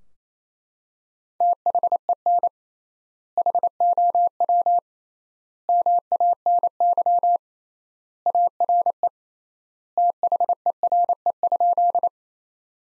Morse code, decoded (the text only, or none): THEN HOW MANY ARE THERE?